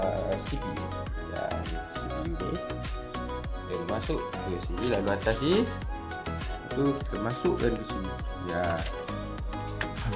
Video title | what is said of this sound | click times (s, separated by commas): Power Supply Replacement - Gaming PC | Okey situ dia dah masuk kan dia dah klik. | 9.8 s